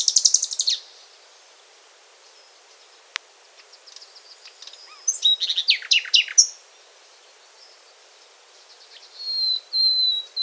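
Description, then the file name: Common nightingale song, scattered high chirps and a loud burst of varied rapid notes midway, with a sustained whistled note near the end over steady background hiss. "Luscinia megarhynchos"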